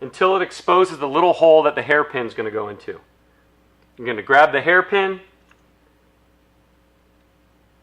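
Someone talks while picking up the hairpin clip for the cable fitting of a KIALOA adjustable paddle handle and lining it up with the exposed hole before pushing it in. A faint tick sounds at 5.5 s after the talking stops. Nothing has seated or clicked yet.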